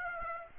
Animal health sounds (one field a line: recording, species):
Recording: mosquito wingbeat signal from an infrared sensor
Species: Aedes aegypti